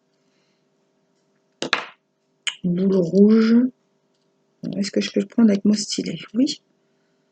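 A round red plastic bead, the ninth piece of a diamond painting Christmas ornament or lamp, is picked up with a stylus to be pressed into its spot. Someone talks, with two brief sharp taps around 1.6 s and 1.7 s. Nothing has seated or clicked yet.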